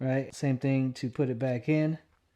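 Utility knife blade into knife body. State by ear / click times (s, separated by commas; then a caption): not seated / none. A replacement blade is handled at the front of a plastic-bodied KEBO utility knife, after a push-button release, as it is about to go back in. Only someone talking is heard, and nothing has seated or clicked yet.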